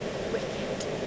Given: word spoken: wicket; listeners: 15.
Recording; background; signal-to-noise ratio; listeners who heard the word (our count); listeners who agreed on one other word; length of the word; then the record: one English word in noise, from a listening test; speech-shaped noise; -6.3 dB; 2 of 15; 13 of 15; 0.67 s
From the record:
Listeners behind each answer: 13, 2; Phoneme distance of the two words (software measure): 10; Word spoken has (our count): 2 syllables, 5 phonemes, stress on syllable 1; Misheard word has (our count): 2 syllables, 5 phonemes, stress on syllable 1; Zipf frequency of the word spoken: 3.60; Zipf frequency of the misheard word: 4.16